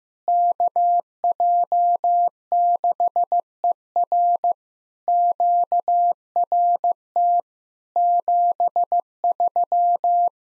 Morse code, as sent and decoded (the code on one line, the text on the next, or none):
-.- .--- -.... . .-. / --.- .-. - / --... ...--
KJ6ER QRT 73